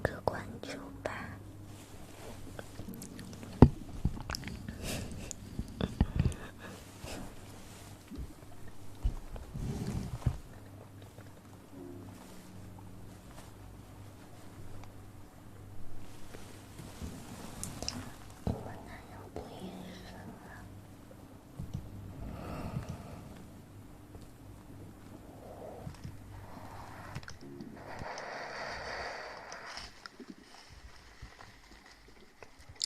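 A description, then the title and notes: Hand sounds and movements mixed with mouth sounds: scattered taps, rubs and clicks arrive irregularly, with sharp knocks near 4 and 10 seconds. A low steady hum runs underneath, and a brighter breathy burst appears around 28 to 31 seconds. ASMR Hand Sounds & Movements, Mouth Sounds.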